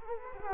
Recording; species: mosquito wingbeat signal from an infrared sensor; Culex quinquefasciatus